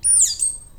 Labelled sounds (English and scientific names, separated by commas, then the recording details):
Stitchbird (Notiomystis cincta) song
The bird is a male
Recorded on Tiritiri Matangi Island, New Zealand, in 2005
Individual 11, of nest box 13